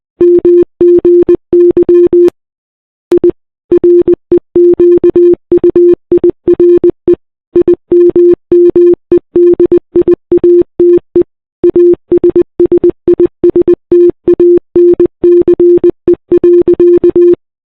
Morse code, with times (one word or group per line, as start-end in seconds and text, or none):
0.2-2.3 MGY
3.1-3.3 I
3.7-7.1 REQUIRE
7.6-11.2 IMMEDIATE
11.6-17.3 ASSISTANCE.